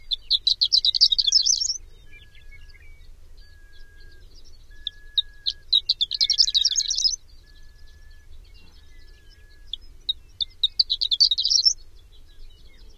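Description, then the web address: Horned lark song: thin, high tinkling phrases of quick notes accelerating into a fluttering jumble, repeated three times with short gaps; faint low background hum. Common western North American species. "Songs of Birds of North America Know Your Bird Sounds. Horned Lark"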